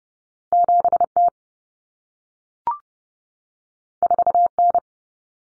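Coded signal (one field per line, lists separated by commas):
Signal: Morse code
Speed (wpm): 30 wpm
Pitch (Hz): 700 Hz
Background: none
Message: 7T 4N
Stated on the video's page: Head-copy drill of two-digit cut numbers (T, A, N for 0, 1, 9) at 30 wpm, sent, spoken, then sent again.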